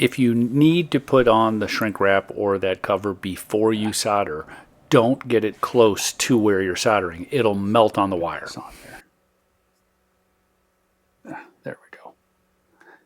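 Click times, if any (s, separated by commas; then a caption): 11.9 s. A plastic cover is clipped over the back of a soldered XT60 battery connector. Someone talks for about nine seconds, then after a pause a few small handling ticks are followed by a little click at 11.9 seconds as the cover seats.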